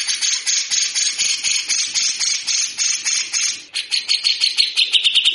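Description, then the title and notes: Grey-cheeked bulbul in a rough, grating rattle, the raspy pulses shifting to a slightly thinner, clearer trill near the end. Grey-cheeked bulbul singing actively in a rough, harsh rattling style (besetan kasar), used for training birds. "MASTERAN CUCAK JENGGOT GACOR FULL BESETAN KASAR DURASI PANJANG. Burung cucak jenggot"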